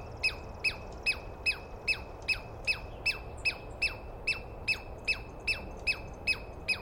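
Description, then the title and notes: Douglas squirrel calls: repeated high, harsh squeaks falling in pitch, regular at around two and a half per second, against a low background hiss. Wild Douglas pine squirrel screaming at dawn, morning of 21 April 2017, East Cascades; calling at length at the recordist, identified by sound without a good look. "On the morning of 21 April, 2017, I set up my microphones and recorder for a nice dawn recording in the East Cascades. I was started awake by a screaming Douglas Pine Squirrel"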